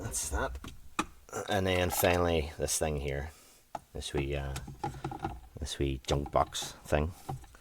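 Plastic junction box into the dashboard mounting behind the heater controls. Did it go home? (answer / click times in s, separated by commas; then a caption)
no / none. Someone talks while handling the small plastic junction box of a Citroen C3, about to push it back into its mounting in the dashboard behind the heater control panel after the illumination bulbs are replaced. Faint handling taps come near 7.4 and 7.6 seconds, and the box has not clicked into place yet.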